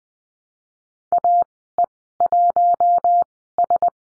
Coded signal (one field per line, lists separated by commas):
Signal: Morse code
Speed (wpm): 20 wpm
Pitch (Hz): 700 Hz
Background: none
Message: AE1S